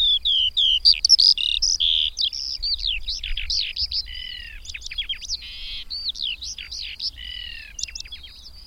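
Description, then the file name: Eurasian skylark song: rapid high chirps and whistles mixed with buzzy trills, flowing continuously and growing slightly softer toward the end. "Mezei pacsirta"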